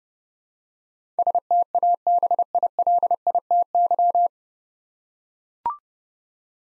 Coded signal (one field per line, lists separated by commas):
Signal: Morse code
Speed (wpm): 30 wpm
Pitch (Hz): 700 Hz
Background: none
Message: STABILITY